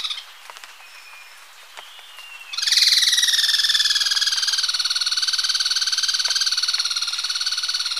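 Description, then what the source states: Striped treehunter launching into a sustained, loud, rapid harsh rattle after a few seconds of quiet background with faint bird whistles. Recorded in Ecuador.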